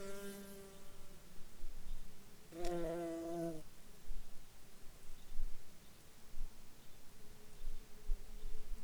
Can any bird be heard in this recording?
no